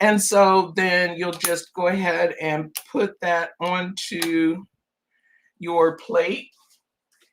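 An inked press plate is being handled toward the magnetic plate of a die-cutting machine while someone talks, with a pause near the end. Nothing has seated or snapped into place yet.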